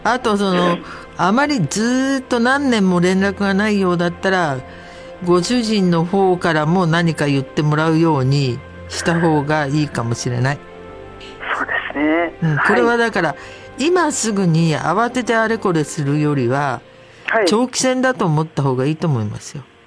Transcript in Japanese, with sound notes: あと、そのう・・あまり、ずうっと、何年も連絡がないようだったら、ご主人の方からも、何か言ってもらうように・・した方が、いいかもしれない。
フー・・ （ため息） そうですね・・
うん
はい
これはだから、今すぐに、慌ててあれこれするよりは、
はい
長期戦だと思った方がいいと思いますよ？